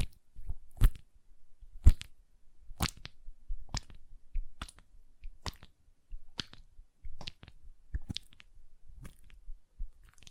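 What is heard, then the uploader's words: Lotion sounds: soft wet squishing and rubbing hands, broken by crisp, bright taps landing about once a second in a steady pattern. Hand Sounds, Nail Tapping and Lotion Sounds.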